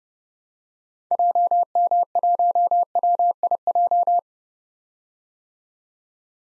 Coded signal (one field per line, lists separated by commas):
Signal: Morse code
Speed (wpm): 30 wpm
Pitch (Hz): 700 Hz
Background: none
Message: JM1WIJ